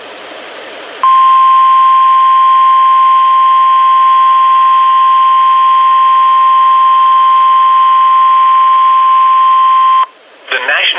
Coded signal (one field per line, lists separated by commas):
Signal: Emergency Alert System (SAME) tones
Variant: 1050 Hz attention tone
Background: speech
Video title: NOAA Radio (EAS # 631-649) Alerts From 3/9/19